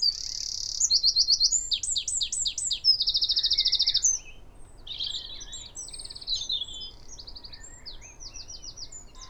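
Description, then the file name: Eurasian wren belting out high trills and stuttered notes for four seconds, then a softer continuation of twittering phrases and rattles. "Troglodytes troglodytes"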